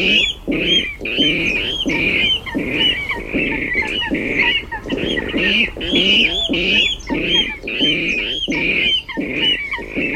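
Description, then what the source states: Water rail territorial calls: loud, harsh squealing grunts repeated in rapid pulsed bursts, pig-like, with a sharp high squeal running over each burst throughout. Territorial call likened to a pig squealing, heard from reed beds in wetlands.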